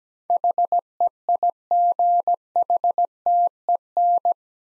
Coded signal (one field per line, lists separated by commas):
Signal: Morse code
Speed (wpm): 17 wpm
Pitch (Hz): 700 Hz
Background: none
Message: HEIGHTEN